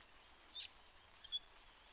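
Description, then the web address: Orinoco piculet calls: two short, sharp, very high squeaky notes about three-quarters of a second apart, over a steady faint high hiss. "sound Orinoco-piculet. دانلود-صدای-پرنده-دارشکنک-اورینوکو"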